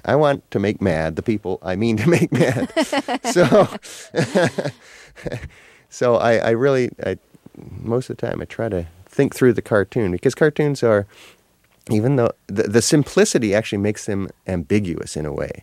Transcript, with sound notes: I want to make mad the people I mean to make mad. (Soundbite of laughter) So I really, most of the time, I try to think through the cartoon because cartoons are--even though--the simplicity actually makes them ambiguous in a way.